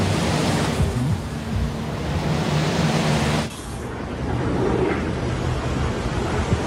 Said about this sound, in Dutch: Die kun je niet eens een normaal gesprek ondervoeren. Wat voor effect heeft dit geluid op de mensen die in de buurt wonen van windmolens? Nou, ten eerste heel veel slaapproblemen.